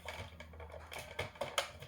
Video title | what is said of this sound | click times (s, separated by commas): ECS 11 Mod kit is now available | and it just clicks in place | 1.6 s